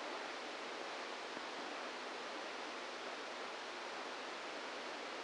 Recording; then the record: brain microelectrode recording played as sound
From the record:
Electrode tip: inside the subthalamic nucleus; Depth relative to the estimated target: -1 mm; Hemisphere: right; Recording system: NeuroSet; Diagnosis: Parkinson's disease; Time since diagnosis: 27 years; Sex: male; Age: 62 years